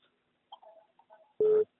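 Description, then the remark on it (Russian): A call-waiting beep on a phone line during a conversation, signalling another incoming caller: one short, loud, steady mid-pitched tone, preceded by faint warbling line noise and muffled murmurs. “Еще там кто-то звонит. Ты слышишь?”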